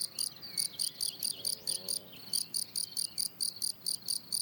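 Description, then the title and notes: Field cricket chirping in a steady, rapid series of evenly spaced bursts, each chirp a bright, pulsed trill high in pitch. Lone, fairly isolated individual singing rhythmically on the plateau de Lesches en Diois, France; 27 June 2018, 10:00, hot day already 23°C; Nagra Seven recorder with MKH8040 microphone. "Un grillon champêtre. plateau de Lesches en Diois"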